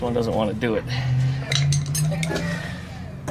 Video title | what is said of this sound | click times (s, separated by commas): 💥⚡️Wheel Bearings / Headlight Mounts⚡️💥- VW Beetle🔧🛠️ - 08 | usually it'll just click right in there it goes and | 1.7 s